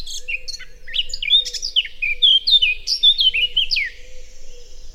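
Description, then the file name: Eurasian blackcap song: a fast, varied warble of clear whistled notes and sweeping slurs, rising and falling in quick bursts, with a faint low hum beneath. "Sylvia atricapilla"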